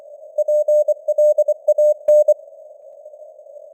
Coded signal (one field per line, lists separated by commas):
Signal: Morse code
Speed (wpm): 24 wpm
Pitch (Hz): 600 Hz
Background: none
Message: PLAN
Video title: Morse Code News | 26.09.2025 | 24wpm